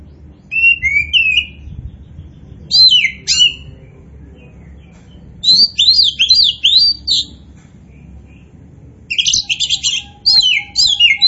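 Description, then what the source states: Oriental magpie-robin song in short bursts of varied, scratchy, swooping notes, separated by pauses of one to several seconds; low background hum. Kacer poci type, singing vigorously ('gacor').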